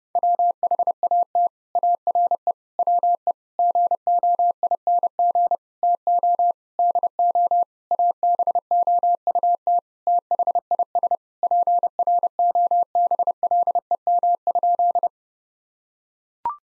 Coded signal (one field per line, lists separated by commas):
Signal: Morse code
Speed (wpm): 30 wpm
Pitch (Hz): 700 Hz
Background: none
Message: WHAT ARE WE GOING TO DO ABOUT THIS PROBLEM?